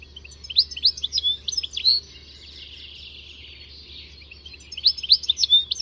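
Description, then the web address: Bird song with short high chirps and quick slurred notes, a soft hissing stretch in the middle, then more chirps at the end; low hum beneath. "Deverinetal. Bird Only"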